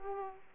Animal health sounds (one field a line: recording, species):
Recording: mosquito wingbeat signal from an infrared sensor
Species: Aedes aegypti